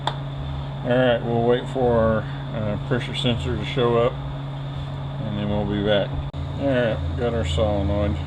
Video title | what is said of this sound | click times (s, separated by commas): 42RLE Rebuild | that clicked into place push that red tab back down it locks it in | 0.1 s